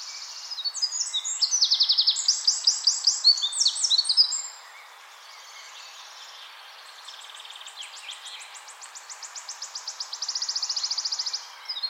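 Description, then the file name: Eurasian wren singing a vigorous run of shrill notes and rapid trills, pausing, then a softer high trill builds into a steady buzzy rattle near the end. "Troglodytes troglodytes"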